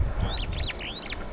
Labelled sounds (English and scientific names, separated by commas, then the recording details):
Superb Starling (Lamprotornis superbus) flight call
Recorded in Kenya